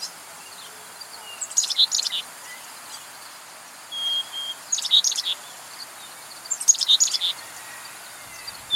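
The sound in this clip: Bird sings three brief twittering bursts of mixed high chirps, with a thin whistle between them over a quiet background.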